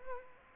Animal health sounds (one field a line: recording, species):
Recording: mosquito wingbeat signal from an infrared sensor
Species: Culex quinquefasciatus